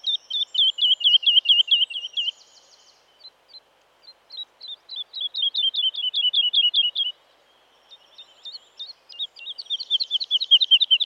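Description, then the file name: Woodlark song: series of rapidly repeated liquid notes, separated by brief pauses. "Woodlark (Lullula arborea)"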